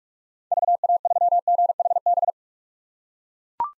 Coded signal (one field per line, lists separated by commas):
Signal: Morse code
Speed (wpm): 41 wpm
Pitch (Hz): 700 Hz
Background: none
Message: VA3GHB